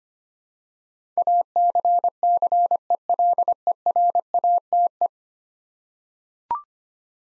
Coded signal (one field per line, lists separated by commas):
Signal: Morse code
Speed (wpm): 25 wpm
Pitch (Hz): 700 Hz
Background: none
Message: ACCELERATE